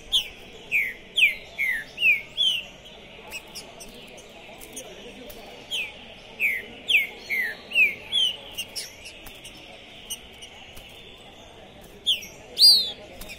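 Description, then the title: Green-winged saltator song: repeated phrases of five or six sharp down-slurred whistles, then a lull and a final couple of loud notes. Captive trinca-ferro worked up ("possessed") at the entrance of a singing tournament; recording meant to warm up other trinca-ferros for contests; "Trinca Ferro Pistoleiro 2021". "Esse É PERFEITO Para ESQUENTAR Seu TRINCA Piando, Cantando E Macheando Na DISPUTA. Esse TRINCA FERRO ficou POSSUÍDO na PORTA do TORNEIO! Trinca Ferro Pistoleiro 2021!"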